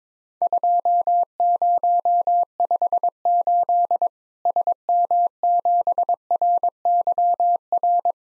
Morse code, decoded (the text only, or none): 2058 SM7RYR